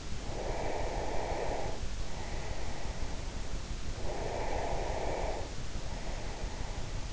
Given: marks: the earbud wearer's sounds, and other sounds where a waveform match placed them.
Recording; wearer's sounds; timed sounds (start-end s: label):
sounds in sleep by an in-ear microphone; breath
0.15-3.45 s: breath
3.78-7.13 s: breath